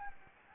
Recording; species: mosquito wingbeat signal from an infrared sensor; Anopheles gambiae